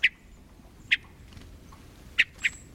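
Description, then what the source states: Hermit Thrush call notes: four short, sharp notes at irregular intervals, the last two close together. Call note rather than song, heard from hermit thrushes in a mountain forest in summer.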